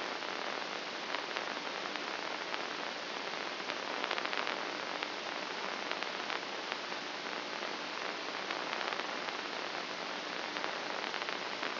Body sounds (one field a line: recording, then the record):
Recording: brain microelectrode recording played as sound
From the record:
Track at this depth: inside the subthalamic nucleus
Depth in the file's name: 2.834 mm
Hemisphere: left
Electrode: 2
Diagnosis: Parkinson's disease